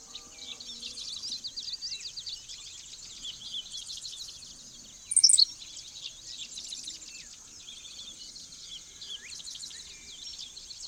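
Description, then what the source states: Henslow's Sparrow giving a single abrupt, thin, high 'silik' midway, against a dense, steady high hiss. Lone male perched in a vast tall-grass prairie, on an August morning.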